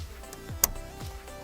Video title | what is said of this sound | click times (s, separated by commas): How to Replace a Fuel Pump on Most Cars (Step-by-Step) | Perfect, you hear that click? | 0.6 s